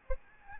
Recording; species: mosquito wingbeat signal from an infrared sensor; Aedes albopictus